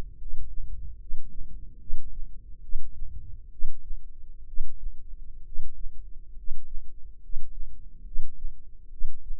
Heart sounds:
heart sounds by microphone in the left ear; 69 bpm
0.15 s: heartbeat
0.96 s: heartbeat
1.77 s: heartbeat
2.60 s: heartbeat
3.49 s: heartbeat
4.44 s: heartbeat
5.42 s: heartbeat
6.33 s: heartbeat
7.19 s: heartbeat
8.03 s: heartbeat
8.89 s: heartbeat
From the record:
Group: healthy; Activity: cold pressor test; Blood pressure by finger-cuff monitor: 102/53 mmHg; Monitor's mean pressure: 65 mmHg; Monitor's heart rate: 67 bpm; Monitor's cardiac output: 5.8 L/min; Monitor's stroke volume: 87 mL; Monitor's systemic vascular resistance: 790 dyn s/cm5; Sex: male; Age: 25 years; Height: 170 cm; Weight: 70.4 kg

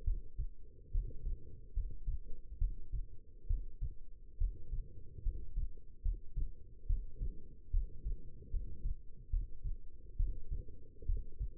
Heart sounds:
heart sounds by stethoscope; 71 bpm
0.04 s: heartbeat
0.91 s: heartbeat
1.73 s: heartbeat
2.58 s: heartbeat
3.47 s: heartbeat
4.38 s: heartbeat
5.22 s: heartbeat
6.02 s: heartbeat
6.86 s: heartbeat
7.70 s: heartbeat
8.50 s: heartbeat
9.30 s: heartbeat
10.16 s: heartbeat
11.06 s: heartbeat
From the record:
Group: healthy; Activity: rest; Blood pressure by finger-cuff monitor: 111/73 mmHg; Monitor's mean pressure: 85 mmHg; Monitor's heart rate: 71 bpm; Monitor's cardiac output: 6 L/min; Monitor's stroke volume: 85 mL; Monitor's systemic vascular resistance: 1010 dyn s/cm5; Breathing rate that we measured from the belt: 17 breaths a minute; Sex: female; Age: 22 years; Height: 171 cm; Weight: 65.6 kg

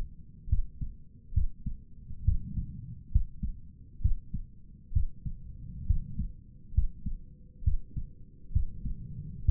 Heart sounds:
heart sounds by stethoscope; 67 bpm
0.48 s: heartbeat
1.33 s: heartbeat
2.24 s: heartbeat
3.11 s: heartbeat
4.01 s: heartbeat
4.92 s: heartbeat
5.86 s: heartbeat
6.74 s: heartbeat
7.63 s: heartbeat
8.52 s: heartbeat
9.44 s: heartbeat
From the record:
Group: healthy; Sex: male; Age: 35 years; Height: 178 cm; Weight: 64 kg

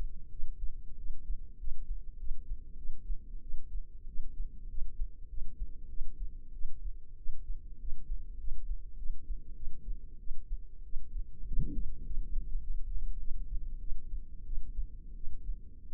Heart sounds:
heart sounds by microphone in the left ear; 96 bpm
0.32 s: heartbeat
0.99 s: heartbeat
1.60 s: heartbeat
2.20 s: heartbeat
2.78 s: heartbeat
3.43 s: heartbeat
4.08 s: heartbeat
4.70 s: heartbeat
5.30 s: heartbeat
5.90 s: heartbeat
6.54 s: heartbeat
7.18 s: heartbeat
7.81 s: heartbeat
8.40 s: heartbeat
8.98 s: heartbeat
9.56 s: heartbeat
10.20 s: heartbeat
10.85 s: heartbeat
11.47 s: heartbeat
12.06 s: heartbeat
12.63 s: heartbeat
13.20 s: heartbeat
13.81 s: heartbeat
14.46 s: heartbeat
15.16 s: heartbeat
15.90 s: heartbeat
From the record:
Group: healthy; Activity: rest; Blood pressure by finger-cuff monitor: 105/71 mmHg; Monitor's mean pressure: 86 mmHg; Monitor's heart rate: 97 bpm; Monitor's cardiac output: 8.2 L/min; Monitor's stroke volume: 83 mL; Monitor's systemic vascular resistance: 780 dyn s/cm5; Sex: female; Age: 22 years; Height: 161 cm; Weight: 65.5 kg

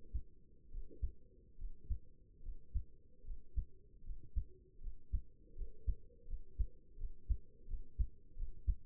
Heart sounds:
heart sounds by stethoscope; 78 bpm
0.69 s: heartbeat
1.56 s: heartbeat
2.40 s: heartbeat
3.22 s: heartbeat
4.01 s: heartbeat
4.78 s: heartbeat
5.53 s: heartbeat
6.25 s: heartbeat
6.96 s: heartbeat
7.66 s: heartbeat
8.35 s: heartbeat
From the record:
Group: healthy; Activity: breath hold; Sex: female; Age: 23 years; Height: 160 cm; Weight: 50.4 kg

